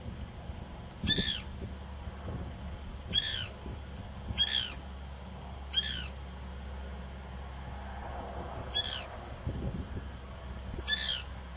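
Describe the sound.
White woodpecker calls: six short, harsh notes with stacked overtones, given singly at uneven gaps of one to three seconds over a steady low rumble.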